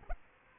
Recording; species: mosquito wingbeat signal from an infrared sensor; Aedes aegypti